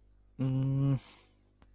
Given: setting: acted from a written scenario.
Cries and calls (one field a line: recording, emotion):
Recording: vocal sound without words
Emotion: confusion